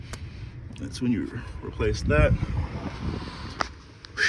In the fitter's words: All right, push it in so you hear the click.